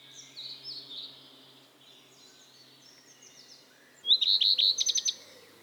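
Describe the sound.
Common redstart song: one short phrase near the end, high repeated notes breaking into a scratchy twitter. Faint songs of other birds come before it.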